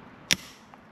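A second metal clamp on a CV axle boot is squeezed with pliers and snaps shut with a sharp, bright metallic click at 0.3 s, followed by a much fainter tick at 0.7 s. The clamp is seated and locked in place.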